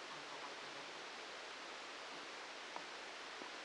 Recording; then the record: brain microelectrode recording played as sound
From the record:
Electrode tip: outside the subthalamic nucleus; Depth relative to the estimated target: 2 mm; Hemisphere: left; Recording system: NeuroSet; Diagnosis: Parkinson's disease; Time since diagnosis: 7 years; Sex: male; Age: 44 years